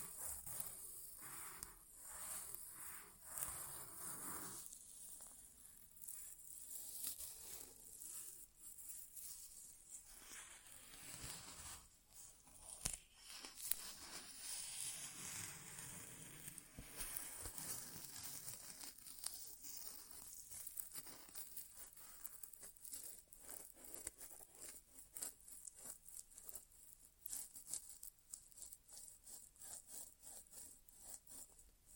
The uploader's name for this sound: ASMR Inner Ear Exam (No Talking)